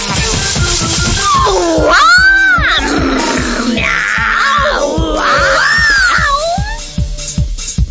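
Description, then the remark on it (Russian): Several girls imitate cats, making overlapping, drawn-out meows that rise and fall in pitch, fairly loud, over a steady low rhythmic ticking pulse. “Кис-кис-кис-кис-кис-кис-кис. Девочки начали мяу.”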